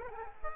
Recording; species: mosquito wingbeat signal from an infrared sensor; Aedes aegypti